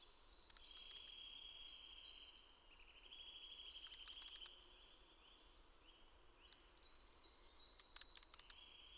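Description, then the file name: European robin giving sharp clicking tick calls in quick bursts, spaced a few seconds apart, over a thin steady high-pitched whine. "Erithacus rubecula"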